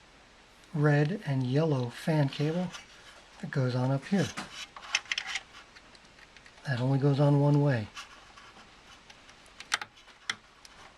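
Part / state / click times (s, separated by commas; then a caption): fan cable plug into motherboard fan header / seated / 10.3 s. A black, red and yellow fan cable plug, which fits only one way, is pushed onto the motherboard fan header while someone talks. Short scraping and tapping sounds lead up to a sharp click at 10.3 s as the connector seats on the header.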